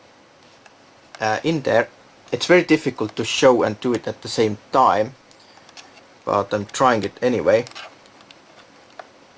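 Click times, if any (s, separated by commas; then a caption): 9.0 s. A pre-tinned wire is slid into the spring-loaded push terminal on a 1byOne video doorbell/intercom monitor while its lever is held down. Someone talks through most of the clip, with a few faint ticks in the pauses. A sharp click at 9.0 s marks the wire seating in the spring clamp, which goes in easily because the wire is pre-cut and tinned.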